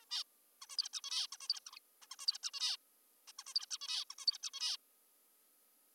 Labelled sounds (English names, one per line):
Zebra Finch